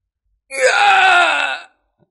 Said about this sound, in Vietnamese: Một tiếng hét thảm cuối cùng truyền ra.